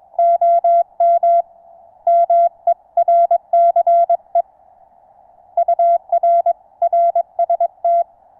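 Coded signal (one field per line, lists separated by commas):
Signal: Morse code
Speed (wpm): 22 wpm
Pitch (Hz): 680 Hz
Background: none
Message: OM MERCE UR RST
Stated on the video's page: Morse contact in French on 80m using NVIS propagation with a low-slung wire antenna.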